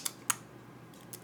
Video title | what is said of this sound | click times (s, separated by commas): 5 Super Affordable Clone Fragrances with a Twist! | clicks into place | 0.3 s